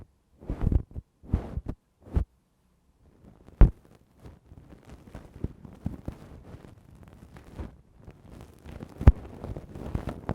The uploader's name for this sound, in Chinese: 快乐鸡毛棒，酥爽掏耳朵